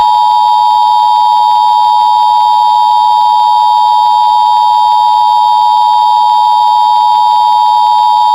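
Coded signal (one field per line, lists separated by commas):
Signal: Emergency Alert System (SAME) tones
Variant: 853 and 960 Hz attention tone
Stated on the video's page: Mock EAS alert made with spliced text-to-speech voices; simulated, not a real broadcast.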